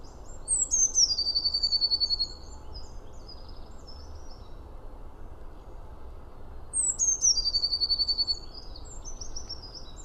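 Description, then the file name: Eurasian blue tit calls: a thin, very high note slides down into a fast, even trill. It sounds twice, about six seconds apart, over steady low background noise. "Cyanistes caeruleus"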